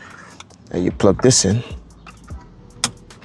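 During a fog light install on a 2023–2026 Honda CR-V EX-L/Hybrid with parking sensors, a wiring connector is plugged into the switch panel while someone talks. A sharp click at 2.8 s marks the connector seating.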